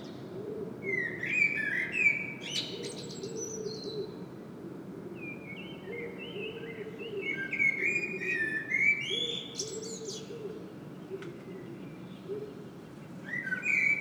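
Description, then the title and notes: Common blackbird song: a run of mellow whistled phrases, each closing in a scratchy high flourish, repeated with short gaps over a constant low rumble. Blackbird singing at Saint-Gilles, Belgium; Sony PCM-M10 internal microphone. "Saint-Gilles, Belgique - Blackbird singing. Le merle chante. Sony PCM-M10 internal microphone"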